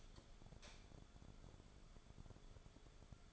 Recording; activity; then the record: daily activity, microphone in the room; light off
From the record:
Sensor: 5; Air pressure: 1010.3 hPa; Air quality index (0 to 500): 118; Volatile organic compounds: 2 ppm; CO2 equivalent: 1163 ppm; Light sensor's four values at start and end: 518/1325/548/616 and 516/1319/546/614